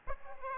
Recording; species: mosquito wingbeat signal from an infrared sensor; Aedes aegypti